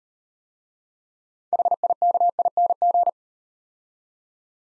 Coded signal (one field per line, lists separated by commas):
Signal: Morse code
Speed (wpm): 38 wpm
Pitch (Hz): 700 Hz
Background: none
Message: HIKING